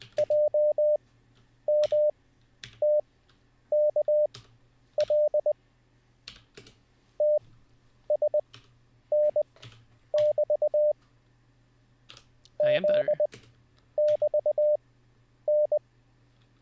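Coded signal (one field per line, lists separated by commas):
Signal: Morse code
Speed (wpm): 20 wpm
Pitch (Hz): 600 Hz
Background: none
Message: JMTKL TSN<BT> Z<BT>N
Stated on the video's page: Live-streamed Morse code learning practice session.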